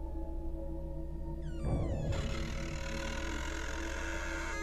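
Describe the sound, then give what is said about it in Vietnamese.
A large wardrobe door creaks slowly open, a drawn-out, wavering squeal that bends in pitch with a brief rougher scrape, over a low steady background hum. “Tiếng cánh cửa tủ được từ từ mở ra.”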